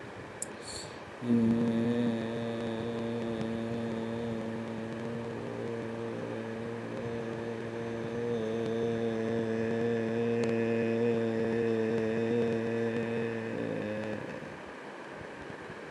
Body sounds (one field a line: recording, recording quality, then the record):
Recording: sustained vowel as in made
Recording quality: moderate, slight background noise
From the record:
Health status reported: healthy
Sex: male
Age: 59 years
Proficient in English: yes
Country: India